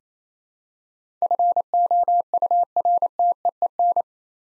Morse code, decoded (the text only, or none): FOURTEEN